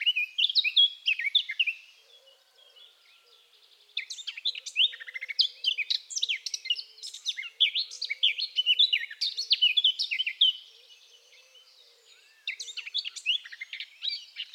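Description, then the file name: Eurasian blackcap song, three bursts of rapid varied warbling and chirps separated by short pauses. "Sylvia atricapilla"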